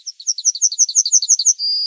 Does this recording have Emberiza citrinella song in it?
yes